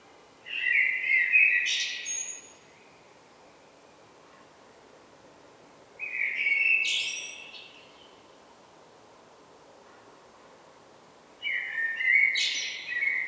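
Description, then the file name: Common blackbird song, three separate phrases about every five seconds, each a low fluty warble ending in a thin, squeaky high twitter, with quiet pauses between. "Turdus merula"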